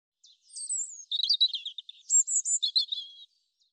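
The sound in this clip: European robin song, a tinkling phrase of high drawn whistles followed by fast warbled twitters and a rippling finish, all in about three seconds.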